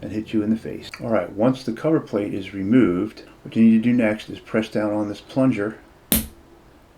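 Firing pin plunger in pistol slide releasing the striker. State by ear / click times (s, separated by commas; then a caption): released / 6.1 s. With the slide cover plate removed from an M&P Shield Plus pistol, the metal firing pin plunger in the slide is pressed down while someone talks. A single sharp, bright click sounds at 6.1 s, and it releases the striker (firing pin) so it can be pulled out of the slide.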